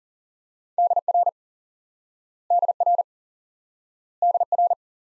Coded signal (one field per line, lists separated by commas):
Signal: Morse code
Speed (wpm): 40 wpm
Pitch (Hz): 700 Hz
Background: none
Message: DR DR DR